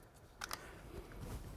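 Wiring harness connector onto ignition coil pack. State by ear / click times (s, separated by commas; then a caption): seated / 0.4 s, 0.5 s. A wiring harness connector is pushed onto a new ignition coil pack after dielectric gel was applied to the connector seat as a moisture insulator. Two sharp clicks sound at 0.4 s and 0.5 s over a low background hum. The connector is seated.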